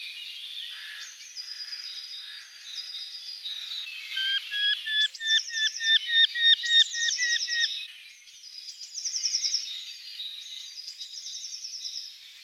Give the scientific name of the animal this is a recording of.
Falco subbuteo